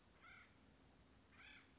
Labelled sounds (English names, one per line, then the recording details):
Acorn Woodpecker
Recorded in Sonoma County, California